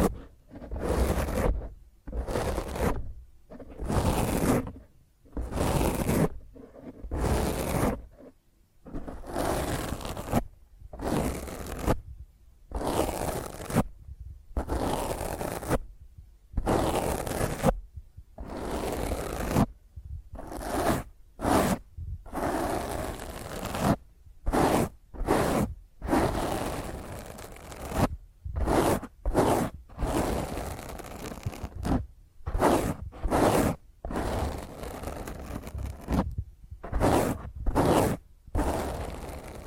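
Rough scratching of fingernails across a microphone, in rapid bursts separated by short silent gaps throughout. Each burst is a harsh, raspy scrape with a heavy low rumble and gritty hiss above, some swishing like a zipper. The strokes come faster and shorter in the second half.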